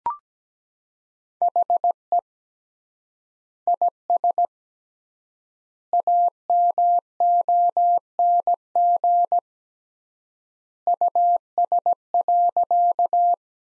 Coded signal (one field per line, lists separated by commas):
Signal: Morse code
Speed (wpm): 17 wpm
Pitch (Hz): 700 Hz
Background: none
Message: HE IS AMONG US.